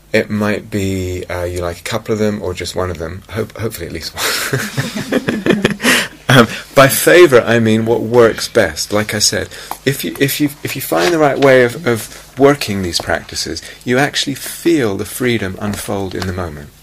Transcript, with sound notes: It might be you like a couple of them or just one of them -- hopefully at least one! [laughter] By "favourite," I mean what works best. Like I said, if you find the right way of working these practices, you actually feel the freedom unfold in the moment.